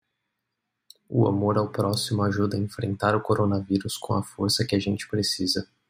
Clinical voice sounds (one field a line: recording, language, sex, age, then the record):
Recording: spoken sentence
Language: Brazilian Portuguese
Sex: male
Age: 20 to 29 years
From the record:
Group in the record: control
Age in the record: 26 years